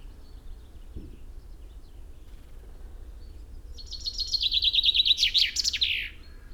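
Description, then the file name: Common chaffinch song after a quiet start with a faint low thump: a rattling trill of high notes ending in a sharp falling flourish. "Fringilla coelebs"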